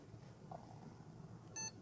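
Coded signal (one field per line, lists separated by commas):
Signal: beep code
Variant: PC BIOS POST beep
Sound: low fan hum, then one short buzzy beep near the end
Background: fan noise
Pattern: 1 short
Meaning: A single short beep means the power-on self-test passed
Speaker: but you should hear beep. And that single beep signifies that there is successful post.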